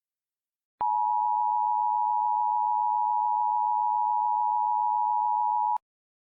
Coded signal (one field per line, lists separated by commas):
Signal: Emergency Alert System (SAME) tones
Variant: 853 and 960 Hz attention tone